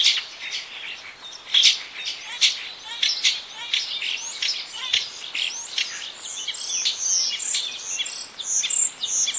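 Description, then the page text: Common starling song: a fast, varied jumble of sharp clicks, scratchy notes and thin high whistles. "Common Starling Singing Bird. knut the bird nerd"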